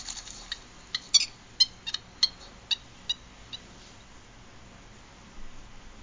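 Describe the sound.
Purple gallinule calls: a series of sharp, clipped clucking notes, several in quick succession that fade out, followed by near quiet.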